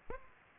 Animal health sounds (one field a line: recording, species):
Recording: mosquito wingbeat signal from an infrared sensor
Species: Aedes aegypti